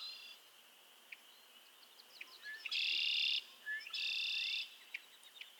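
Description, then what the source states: Frog chorus with two loud, harsh buzzy trills, each under a second long. Softer chirps and a constant high drone fill the gaps. Chorus of frogs calling to one another on a summer evening at Miners Marsh, Annapolis Valley, Nova Scotia.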